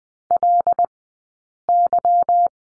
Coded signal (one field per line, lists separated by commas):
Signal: Morse code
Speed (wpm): 20 wpm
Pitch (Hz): 700 Hz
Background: none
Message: LY